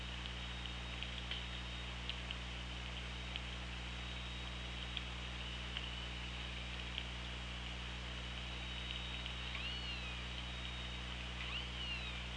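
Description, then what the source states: Killer whale calls: faint curving, upward-sweeping tonal calls near the end, over a steady low underwater hum and scattered sharp clicks. Recorded on the OrcaLab hydrophone, 24 August 2017 at 17:51.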